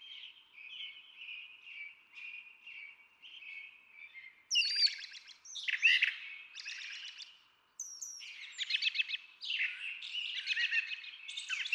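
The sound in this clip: Brown Thrasher song: a string of soft, repeated warbled notes, then loud, varied phrases, harsh and rich, delivered in quick succession.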